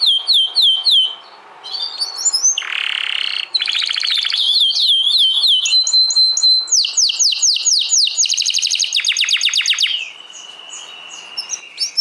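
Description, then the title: Domestic canary song: a varied run of high whistled trills and rolling phrases, switching between sweeping notes, very rapid trills and a steady held tone near the end. Portuguese canary breed (Kenari Portugis). "Kenari Portugis"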